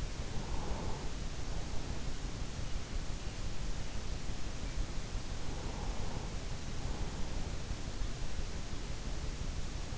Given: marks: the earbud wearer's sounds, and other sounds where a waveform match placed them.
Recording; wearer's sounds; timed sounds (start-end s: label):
sounds in sleep by an in-ear microphone; breath
0.00-1.31 s: breath